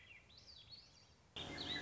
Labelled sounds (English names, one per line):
Swainson's Thrush